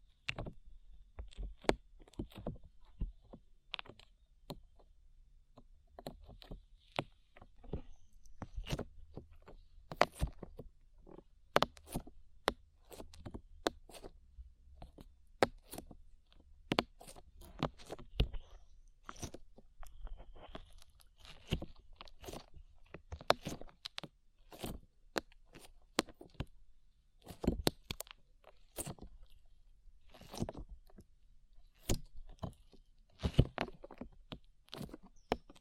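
Slime being squished and pulled, a steady run of sharp, sticky pops and clicks that come several times a second throughout. The snaps are crisp and bright, some louder than others, with quiet squelching and a faint low rumble between them.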